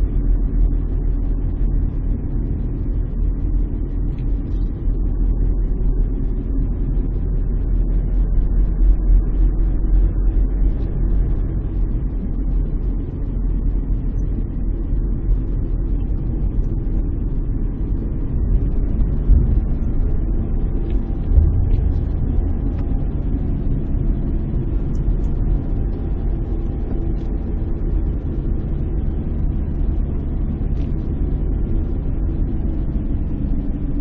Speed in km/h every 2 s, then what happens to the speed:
31, 32, 32, 33, 35, 33, 32, 34, 35, 36, 37, 34, 33, 35, 34, 34, 28.
0-30 steady at about 34. 30-34 slows to 28.